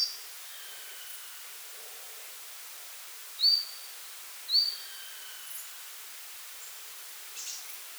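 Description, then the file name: Marsh Tit calls: two crisp upslurred notes about a second apart, with faint thin sounds before and after. "Poecile palustris"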